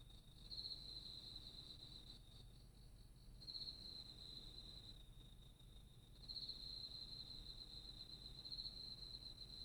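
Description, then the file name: Bell cricket song, high ringing phrases that stop and restart, with brief pauses between three louder bursts, over faint low rumble. "スズムシ"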